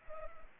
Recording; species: mosquito wingbeat signal from an infrared sensor; Anopheles arabiensis